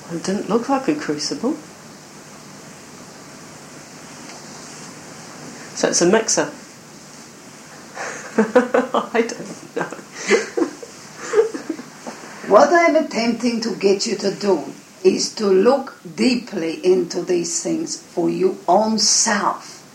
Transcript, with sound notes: It didn't look like a crucible... So it's a mixer... (She laughs) I don't know! What I am attempting to get you to do is to look deeply into these things for you own self.